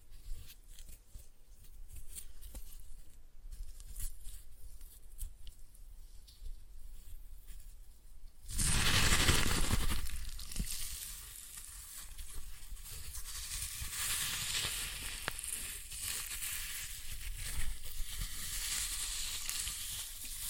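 Floral foam crumbles with soft crackling, then a loud rushing burst near nine seconds, followed by steady bright crunching and hissing through the end.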